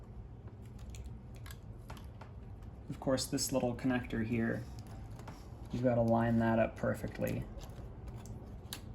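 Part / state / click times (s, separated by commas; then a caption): small internal cable connector into its socket on a laptop logic board / seated / 8.7 s. A small internal cable connector is lined up and pressed into its socket on the logic board of a pre-unibody MacBook Pro. Someone talks while faint ticks and light taps sound in the background. A sharp click at 8.7 s marks the connector seating into place.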